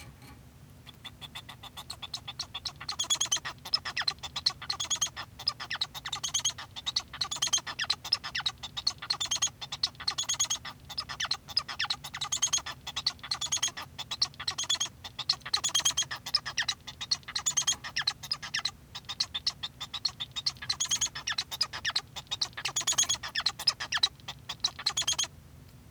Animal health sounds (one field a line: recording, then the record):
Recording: song of a male Bengalese finch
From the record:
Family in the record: son of father 1